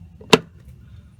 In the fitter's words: Hear that clunk, it's in all the way.